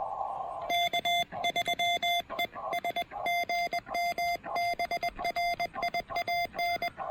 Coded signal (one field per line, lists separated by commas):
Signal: Morse code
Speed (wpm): 20 wpm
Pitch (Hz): 690 Hz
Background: none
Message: K3 ES GM BRIAN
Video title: POTA on the cheap with my new-to-me TEN-TEC R4020 QRP transceiver!